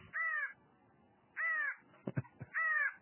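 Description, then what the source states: Variable Antshrike giving three nasal, slightly descending harsh notes about a second apart, with short clicks and low rumble between them. Forest bird, heard far more often than seen; another sound of the same bird, likened to a complaint.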